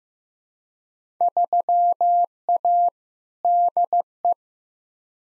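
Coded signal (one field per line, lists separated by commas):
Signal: Morse code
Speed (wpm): 15 wpm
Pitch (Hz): 700 Hz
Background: none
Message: 3A DE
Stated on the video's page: Head-copy drill of randomly selected Field Day exchanges sent at 15 wpm, each sent in Morse, spoken, then sent again.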